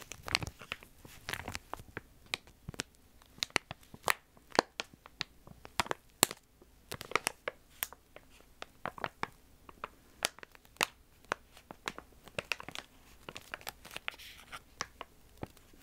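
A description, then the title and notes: Crinkling sounds made of many sharp, crisp crackles that come in quick irregular bursts throughout, some clustered and some spaced by short gaps. Each crackle is bright and snappy, with a faint low hum steady underneath. Intense Tingly Crinkling Sounds.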